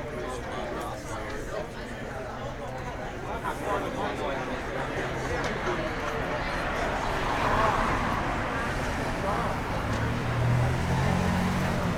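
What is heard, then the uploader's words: A busy lunchtime scene in the city, full of overlapping voices and chatter. Traffic hums steadily underneath, with a low engine rumble growing louder toward the end. The crowd noise stays dense and even throughout, rising slightly in the second half. Lunch in the City.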